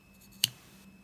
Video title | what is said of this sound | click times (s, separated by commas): Melody Susie Scamander E-file review | it's quite a distinct click, so you won't mistake it. | 0.4 s